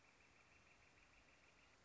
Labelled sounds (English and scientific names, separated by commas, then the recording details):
Northern Flicker (Colaptes auratus)
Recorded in Sonoma County, California